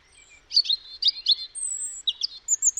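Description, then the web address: European robin song, a quick run of thin, high warbled phrases and sweet whistled notes, with short pauses between bursts in a quiet background. "Deverinetal 2025 File origin Bird Only Er Ru"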